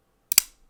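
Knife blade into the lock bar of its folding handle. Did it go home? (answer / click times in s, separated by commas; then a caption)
yes / 0.3 s, 0.4 s. The blade of a Sharp By Design "Mini Evo" folding pocket knife is flicked open: a sharp click at 0.3 s as the detent ball pops out of its hole onto the steel tang, then a louder, brighter snap at 0.4 s as the lock bar locks in behind the tang. The blade is locked open, and the two clicks are normal, with nothing wrong with the knife.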